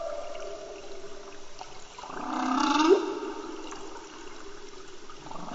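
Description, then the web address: Humpback whale song: a low, swelling moan that rises and peaks before fading. Antarctica. "Antarctia Bultrug Humpback Whale Song"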